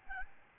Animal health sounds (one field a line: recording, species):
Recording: mosquito wingbeat signal from an infrared sensor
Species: Aedes albopictus